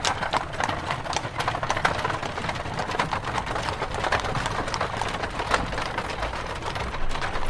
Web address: Hollywood Edge Historical Series Horses Carriages and Traps Horse Drawn Carriage Start